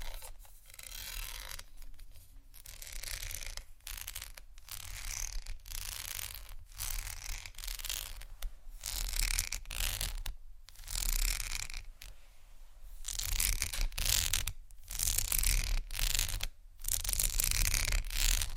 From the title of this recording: plastic, glass, rattle, tapping, scratching, waves